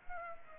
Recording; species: mosquito wingbeat signal from an infrared sensor; Aedes aegypti